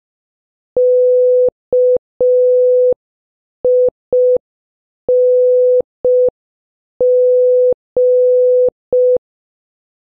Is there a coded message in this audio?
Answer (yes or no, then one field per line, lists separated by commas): yes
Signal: Morse code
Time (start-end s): 0.8-9.2 s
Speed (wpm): 5 wpm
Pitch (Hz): 500 Hz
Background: none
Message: KING